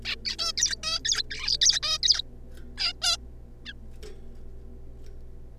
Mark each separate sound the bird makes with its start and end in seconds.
0.05-0.15, 0.25-0.36, 0.39-0.52, 0.57-0.76, 0.83-0.99, 1.05-1.23, 1.31-1.57, 1.61-1.80, 1.83-1.98, 2.03-2.21, 2.77-2.93, 3.02-3.17, 3.65-3.73